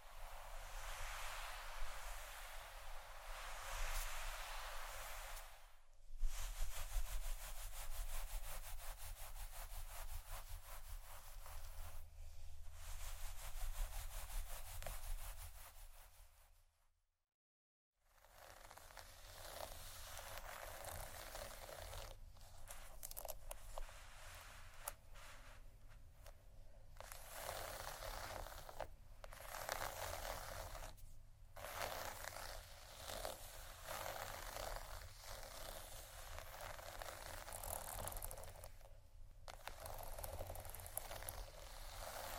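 Soft scratching and rubbing on cardboard with a silicone tool, a dense, steady rasping texture that runs almost without pause. Brief breaks cut in near 6, 12, 29 and 39 seconds, and the sound stops completely for a moment around 17 seconds.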